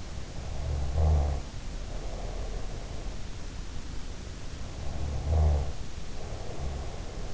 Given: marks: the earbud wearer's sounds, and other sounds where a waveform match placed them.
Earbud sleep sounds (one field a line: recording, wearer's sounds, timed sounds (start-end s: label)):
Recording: sounds in sleep by an in-ear microphone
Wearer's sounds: snoring breath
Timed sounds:
0.62-3.24 s: snoring breath
5.02-7.34 s: snoring breath